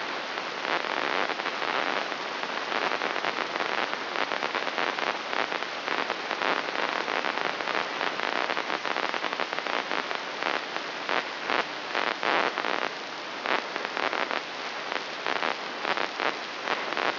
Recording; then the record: brain microelectrode recording played as sound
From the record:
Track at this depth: outside the subthalamic nucleus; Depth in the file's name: 0.913 mm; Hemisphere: left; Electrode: 3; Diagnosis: Parkinson's disease